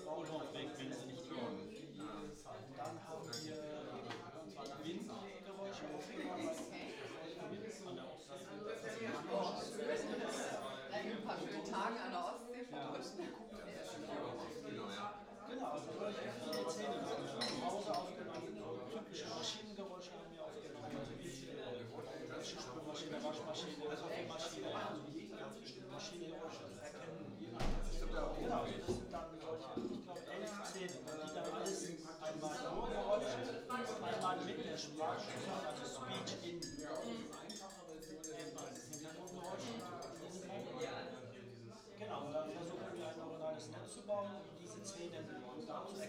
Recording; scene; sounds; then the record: everyday scene through a hearing-aid microphone; many people talking; many voices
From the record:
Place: bistro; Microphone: in the ear canal, right